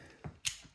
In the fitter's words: It's locked into place.